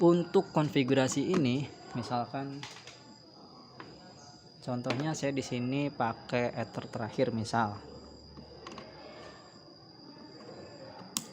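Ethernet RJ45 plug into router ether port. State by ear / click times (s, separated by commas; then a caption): seated / 11.2 s. The plastic RJ45 plug of an Ethernet cable is pushed into the last ether port of a router while someone talks. A sharp, short click is heard at 11.2 s as the plug seats in the port.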